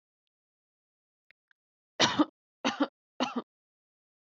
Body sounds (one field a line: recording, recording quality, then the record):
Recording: shallow voluntary cough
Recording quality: excellent, no background noise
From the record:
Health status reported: healthy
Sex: female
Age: 26 years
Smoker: yes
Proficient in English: yes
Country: India